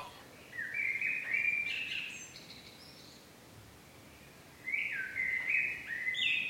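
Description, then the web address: Birds chirping in two bursts of bright, rapid notes, with a quiet pause between them over faint background hiss. Backyard birds in the morning. "the sound pack tree. backyard morning birds"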